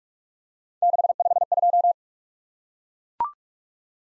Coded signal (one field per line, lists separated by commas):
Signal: Morse code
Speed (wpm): 44 wpm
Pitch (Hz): 700 Hz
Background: none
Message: 652